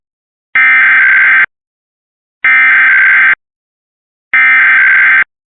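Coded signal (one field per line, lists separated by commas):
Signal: Emergency Alert System (SAME) tones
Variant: header bursts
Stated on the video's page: Monthly tests captured from several US states.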